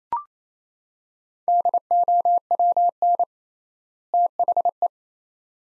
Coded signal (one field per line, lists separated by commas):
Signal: Morse code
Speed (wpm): 27 wpm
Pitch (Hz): 700 Hz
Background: none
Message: DOWN THE